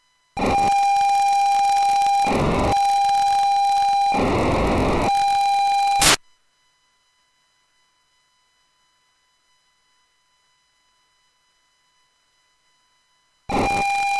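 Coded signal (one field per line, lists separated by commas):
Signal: POCSAG pager data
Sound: harsh buzzing data bursts, a steady whine with rapid clicking, then silence, then another burst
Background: radio static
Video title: POCSAG P2000 system 169 650 MHz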